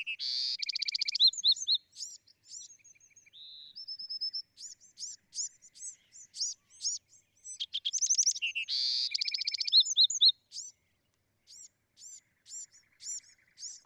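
Bewick's wren song: a buzzy, trilled phrase opens and returns about eight seconds later, with sharp high slurred chips and short whistles in between.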